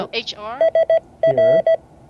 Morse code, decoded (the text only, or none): SR